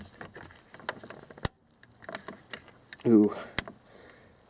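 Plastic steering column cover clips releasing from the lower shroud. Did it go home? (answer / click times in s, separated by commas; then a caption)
released / 0.9 s, 1.5 s. Plastic steering column shroud halves on a 1998 Dodge Ram 1500 are pried apart, and the original factory plastic clips pop loose from the lower shroud. Sharp cracking pops are heard at 0.9 s and 1.5 s among softer rattling and handling noise, and someone talks. The clips release.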